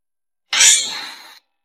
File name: tieng soc bay trau soc bay lon keu goi bay dan